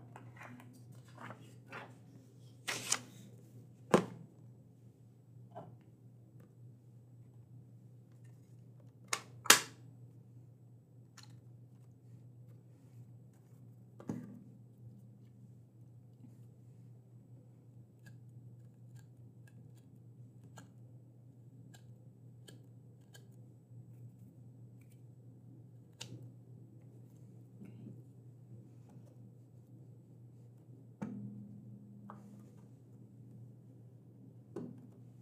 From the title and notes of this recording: Librarian Checking Books ASMR. I will be checking through and prepping books for the library. There are some noise issues in this one.